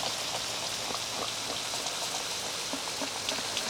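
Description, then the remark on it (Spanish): Steady rain falls in a dense, even hiss, with scattered individual drops tapping out irregularly on top of the constant wash. No one speaks. “La lluvia también cae sobre los ladrones y terroristas.”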